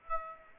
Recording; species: mosquito wingbeat signal from an infrared sensor; Aedes aegypti